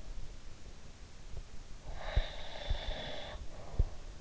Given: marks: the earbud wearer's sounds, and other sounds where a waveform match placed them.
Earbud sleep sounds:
sounds in sleep by an in-ear microphone; breath
1.90-4.02 s: breath

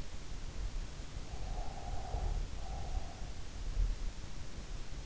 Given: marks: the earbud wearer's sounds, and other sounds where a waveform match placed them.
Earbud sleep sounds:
sounds in sleep by an in-ear microphone; breath
1.21-3.50 s: breath

